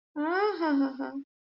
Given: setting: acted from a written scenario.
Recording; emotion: vocal sound without words; sympathy